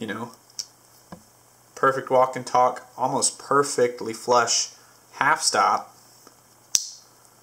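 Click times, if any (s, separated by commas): 6.8 s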